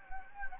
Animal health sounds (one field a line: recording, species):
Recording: mosquito wingbeat signal from an infrared sensor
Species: Anopheles gambiae